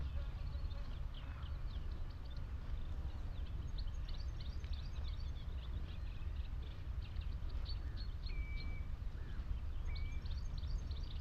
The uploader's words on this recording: The Hoo Peninsula is a vast open landscape on the Thames Estuary. The mics (recording alone) were lodged in a hawthorn tree on Higham Marshes nature reserve and pointed out over a watery marsh. Close to the mics lapwings, redshank and cetti's warblers call, as well as geese and ducks that are familiar sounds to us urban dwellers. Skylarks circle above the farmland straight ahead on the other side of the marsh.